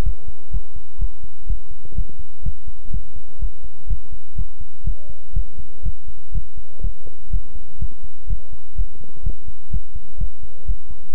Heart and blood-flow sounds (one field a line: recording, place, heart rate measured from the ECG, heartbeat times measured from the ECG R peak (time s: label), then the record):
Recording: heart sounds by stethoscope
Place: between the tricuspid and mitral areas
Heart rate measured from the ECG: 124 bpm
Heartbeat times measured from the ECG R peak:
0.03 s: heartbeat
0.51 s: heartbeat
0.98 s: heartbeat
1.46 s: heartbeat
1.94 s: heartbeat
2.42 s: heartbeat
2.90 s: heartbeat
3.39 s: heartbeat
3.87 s: heartbeat
4.35 s: heartbeat
4.84 s: heartbeat
5.33 s: heartbeat
5.83 s: heartbeat
6.32 s: heartbeat
6.81 s: heartbeat
7.30 s: heartbeat
7.79 s: heartbeat
8.27 s: heartbeat
8.75 s: heartbeat
9.23 s: heartbeat
9.70 s: heartbeat
10.18 s: heartbeat
10.65 s: heartbeat
11.12 s: heartbeat
From the record:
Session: pedaling a stationary bicycle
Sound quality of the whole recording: good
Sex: male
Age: 24 years